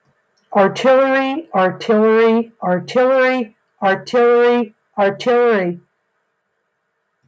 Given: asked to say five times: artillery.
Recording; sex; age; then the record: repeated word; female; 60 to 69 years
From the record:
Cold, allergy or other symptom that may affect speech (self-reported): no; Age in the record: 60 years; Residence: North Carolina, United States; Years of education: 14